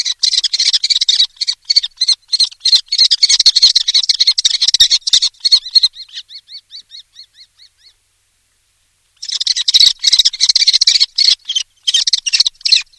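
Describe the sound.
Common Kestrel giving fast harsh, grating notes in dense bursts, then a short run of thinner, clearer kee notes that fade, a pause, and more harsh rapid calling.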